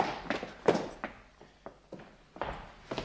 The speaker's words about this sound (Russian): Что за шум? Все тихо, мой лейтенант. Я слышал топот. Может быть, мыши? Они водятся в подполье.